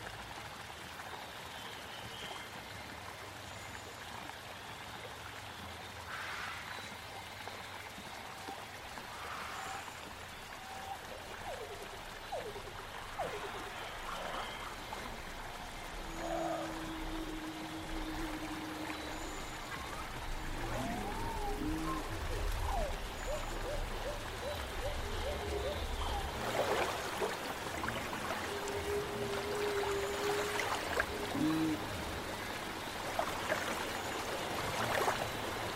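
Prehistoric forest ambience with a steady low rumble, scattered sweeping calls and hoots, occasional bright bursts, and a trickling, watery texture throughout.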